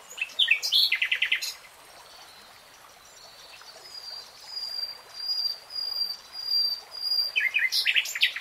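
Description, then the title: Nightingale song with short rapid rattling phrases at the start and end and quieter thin whistles between. Nightingale singing in real time. "[Tiếng chim hót] Nightingale Singing"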